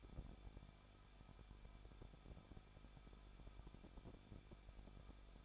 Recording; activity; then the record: daily activity, microphone in the room; no activity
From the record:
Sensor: 5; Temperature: 20.9 degrees Celsius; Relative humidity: 38.2%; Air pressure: 1006.4 hPa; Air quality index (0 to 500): 187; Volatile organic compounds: 18 ppm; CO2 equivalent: 2626 ppm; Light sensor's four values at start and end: 2/3/1/1 and 2/3/1/1